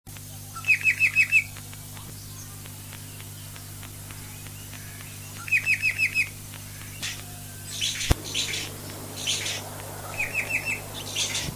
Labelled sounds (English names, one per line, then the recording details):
Red-winged Blackbird call
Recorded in captivity
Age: adult
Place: Zoo Berlin, Berlin, DE
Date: 2007-06-09 16:03
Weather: sunny, ca. 30°C
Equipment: Sony WM-D6C, Sennheiser ME 80, Kopie Uher 4000 Report Monitor
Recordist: Tembrock, Günter